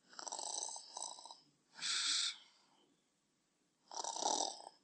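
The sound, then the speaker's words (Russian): A brother sleeping alongside snores in a slow, steady rhythm: three loud, raspy, breathy snores separated by short quiet pauses, with no talking. “Вы думаете, это я храплю? Нет, это мой братец …”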